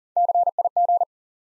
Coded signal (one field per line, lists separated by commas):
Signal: Morse code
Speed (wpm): 42 wpm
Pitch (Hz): 700 Hz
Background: none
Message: CIG